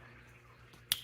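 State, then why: Released. A wire terminal pin is worked out of the headlight connector housing (plug) of a Quadlogic headlight on a Polaris Scrambler 1000 S, with one person lifting the locking tab while another pulls on the back of the wire. After near silence, a single sharp snap is heard at 0.9 s as the terminal pin releases from the connector.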